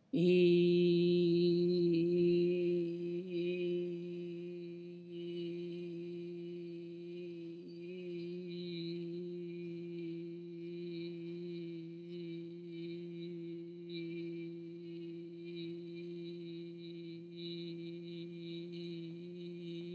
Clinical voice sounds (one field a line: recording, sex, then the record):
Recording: sustained vowel /i/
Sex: female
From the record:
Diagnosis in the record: healthy control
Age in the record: 68 years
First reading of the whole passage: 56 s, 9.3 characters per second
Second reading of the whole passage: 53 s, 9.8 characters per second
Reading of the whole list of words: 52 s, 5.4 characters per second